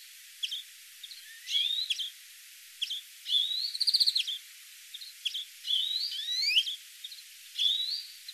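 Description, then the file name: European greenfinch calls: mixed short chips, rising whistles and a buzzy rapid series, fairly quiet against background hiss. "Chloris chloris"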